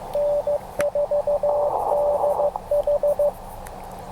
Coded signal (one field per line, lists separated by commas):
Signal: Morse code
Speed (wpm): 15 wpm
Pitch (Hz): 580 Hz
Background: radio noise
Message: N4DH